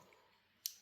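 A crimped, sealed wire terminal, with a secondary crimp holding the sheathing and seal together, is pushed into a plastic connector housing. After quiet low-level noise, a single sharp, loud click rings out at 0.7 s, bright and high-pitched, then fades quickly. The terminal seats in the housing.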